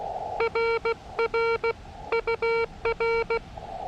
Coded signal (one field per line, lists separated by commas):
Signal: Morse code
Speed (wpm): 16 wpm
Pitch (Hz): 460 Hz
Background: none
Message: RR UR